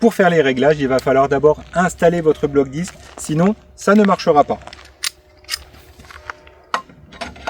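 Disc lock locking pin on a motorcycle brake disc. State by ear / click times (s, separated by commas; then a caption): seated / 6.7 s. Someone talks while a Xena XX10 Bluetooth disc lock is fitted onto a motorcycle's metal brake disc, with light metallic clicks and rattles after the talking stops. The locking pin is pushed home with a sharp metallic hit at 6.7 s, and the lock is confirmed properly engaged on the disc.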